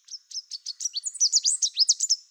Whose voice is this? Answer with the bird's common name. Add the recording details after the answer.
Chestnut-capped Warbler. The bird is a male. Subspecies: delattrii. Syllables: 16. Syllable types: 14. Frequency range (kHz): 2.9-9.4 kHz. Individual CR-NOYS-M